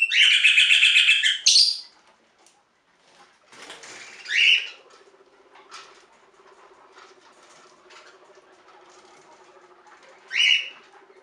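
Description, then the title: Budgerigar giving a loud harsh squawking burst at the start, then two short scratchy chirps several seconds apart over quiet background. "Budgie Sounds"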